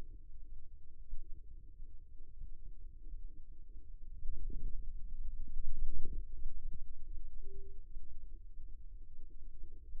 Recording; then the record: forearm muscle sounds (acoustic myography)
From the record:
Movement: ulnar deviation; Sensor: system 2, bracelet of six BSWA MPA416 microphones around the upper forearm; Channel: 1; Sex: male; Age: 22 years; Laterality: right